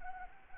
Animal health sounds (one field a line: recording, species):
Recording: mosquito wingbeat signal from an infrared sensor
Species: Anopheles arabiensis